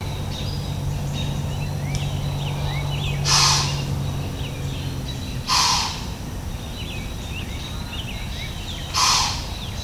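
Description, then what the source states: White-tailed deer giving three sharp, breathy snort bursts spaced a few seconds apart, over a steady low hum with small birds chirping in the background. 4 January 2007.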